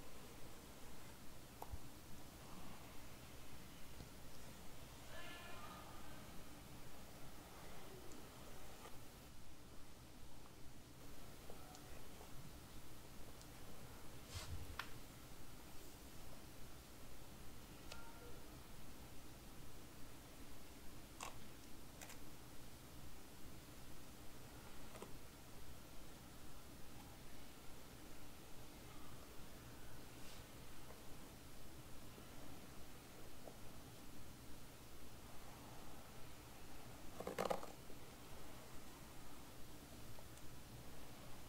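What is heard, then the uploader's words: Hair brushing and hair play, heard as a steady, dense rustling hiss that scarcely changes across the whole stretch, with a low hum underneath. Brief sharp clicks and scrapes break through now and then, the strongest one near the end. ASMR Classic hair brushing, hair play & back scratch.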